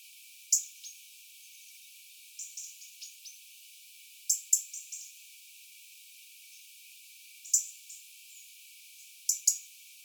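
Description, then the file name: European robin giving crisp high ticks in small clusters every couple of seconds, with softer notes trailing some clusters. "Erithacus rubecula"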